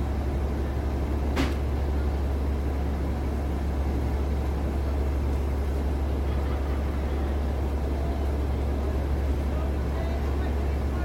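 A New York City night through an open window: a steady low traffic rumble with faint murmurs, and a brief sharp squeal near second one.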